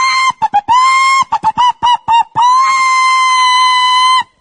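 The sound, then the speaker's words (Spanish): A human voice imitates the hen Anselma clucking: a quick run of short, high-pitched clucks, then one long, drawn-out squawk, loud and alone with no other talk. “La gallina Anselma hizo...”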